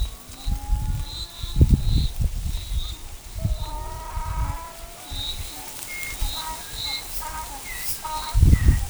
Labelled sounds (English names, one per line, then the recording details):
none
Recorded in forest near Pivijay, Magdalena, Colombia, on 16 April 2023 at 15:00
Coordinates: 10.467, -74.380
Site Z5-G034